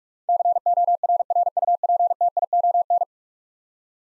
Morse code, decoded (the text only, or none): CORRUPTION